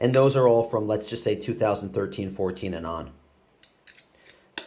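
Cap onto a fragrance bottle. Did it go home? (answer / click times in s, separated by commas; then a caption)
yes / 4.6 s. Someone talks, then a cap is put back on a vintage 2009 Yves Saint Laurent La Nuit De L'Homme fragrance bottle, with a few faint taps at about 3.6, 3.9 and 4.3 seconds. A sharp snap at 4.6 seconds marks the cap seating in place.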